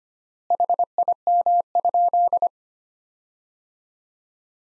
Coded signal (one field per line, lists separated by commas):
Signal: Morse code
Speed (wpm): 25 wpm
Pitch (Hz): 700 Hz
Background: none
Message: HIM?